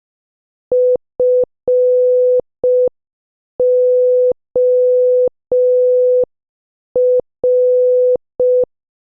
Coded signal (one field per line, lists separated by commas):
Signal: Morse code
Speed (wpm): 5 wpm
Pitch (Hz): 500 Hz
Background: none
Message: FOR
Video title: 13. GUESS THE MOVIE | Morse Code Challenge | Sentence Practice | 5 WPM